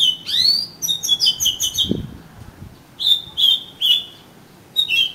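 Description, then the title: Oriental magpie-robin song: a rising sweep and twittering run, then a pause and several drawn-out whistled notes spaced apart. "Kacer Kacer"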